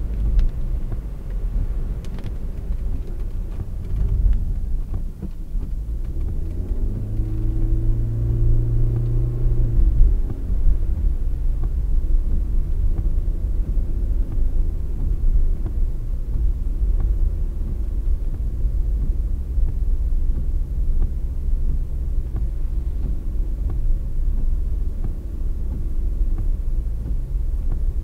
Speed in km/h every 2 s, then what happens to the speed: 42, 44, 43, 46, 52, 53, 53, 51, 48, 44, 40, 38, 38, 38.
0-8 speeds up to 52. 8-13 steady at about 53. 13-20 slows to 40. 20-28 steady at about 38.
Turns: 4-11.